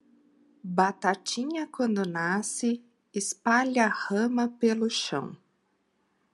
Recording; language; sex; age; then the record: short text; Brazilian Portuguese; female; 30 to 39 years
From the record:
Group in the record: control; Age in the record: 39 years